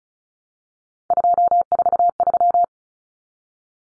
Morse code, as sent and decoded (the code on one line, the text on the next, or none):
..--- ....- ...--
243